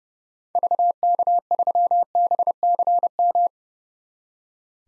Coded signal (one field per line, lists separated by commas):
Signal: Morse code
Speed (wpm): 31 wpm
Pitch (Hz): 700 Hz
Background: none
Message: VK3BCM